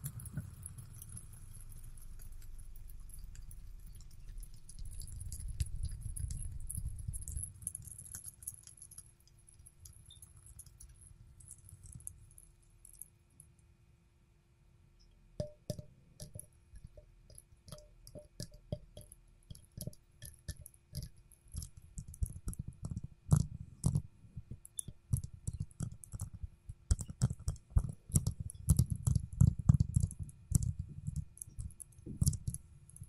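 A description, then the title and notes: A fidget spinner whirs steadily for the first fifteen seconds, a low hum under a thin high whine that swells around five to eight seconds. Then dense, irregular clicking and tapping takes over, with dull knocks growing louder toward the end. ASMR Fidget Spinner Sounds Tapping and Spinning.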